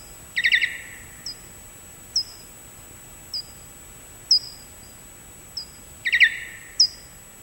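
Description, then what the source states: Common pipistrelle echolocation calls, slowed down: short sharp chirps at irregular intervals, some in quick bursts of several, over a faint steady hiss. Ultrasound calls slowed down for human hearing, picked up by small microphones on bus mirrors in the Rouen metropolitan area, mostly early morning or late evening; a few widely spaced calls may mean a migrating bat passing by.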